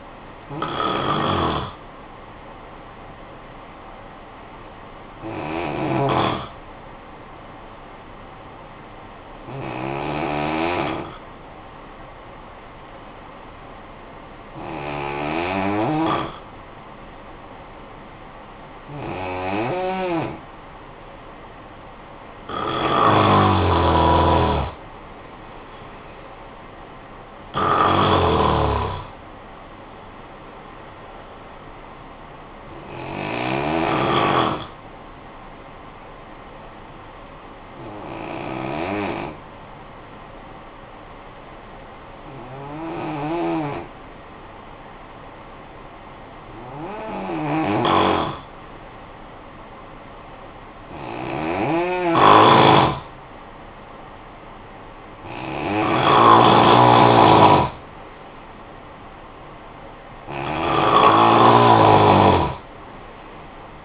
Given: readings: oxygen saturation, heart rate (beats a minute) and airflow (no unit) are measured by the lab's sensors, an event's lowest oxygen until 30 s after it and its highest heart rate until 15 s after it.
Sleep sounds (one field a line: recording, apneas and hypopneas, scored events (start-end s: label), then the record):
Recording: breathing in sleep by a voice recorder at the bedside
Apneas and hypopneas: 2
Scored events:
4.00-21.10 s: hypopnea (N2, oxygen 96% highest, then 86% lowest, heart rate 53 at the start, 68 highest)
37.00-50.70 s: hypopnea (N2, oxygen 92% highest, then 87% lowest, heart rate 64 at the start, 64 highest)
From the record:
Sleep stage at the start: N2 (light sleep)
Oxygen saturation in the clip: 85 to 96%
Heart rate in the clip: 52 to 68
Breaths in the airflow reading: 14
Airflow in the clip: -10.9 to 7.1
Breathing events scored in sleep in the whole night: 445 in 7.6 hours asleep